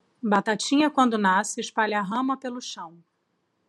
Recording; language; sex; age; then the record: short text; Brazilian Portuguese; female; 40 to 49 years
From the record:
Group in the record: control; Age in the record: 43 years